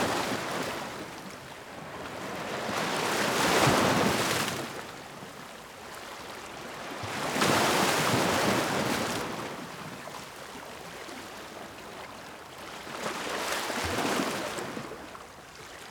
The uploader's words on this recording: Gentle Waves Bring Deep Sleep. Water and nature sounds.